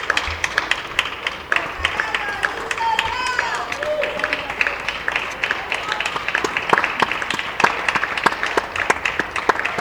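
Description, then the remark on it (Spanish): Neighbours applauding from their homes for the 8pm lockdown tribute, here starting at 7:58: steady, scattered clapping from many hands, with occasional sharp claps standing out and faint voices and cheers mixed in. “Aplauso, el aplauso de las 8, más bien de las 7.58, no sé por qué en tantos sitios se está haciendo el aplauso como un poquito antes.”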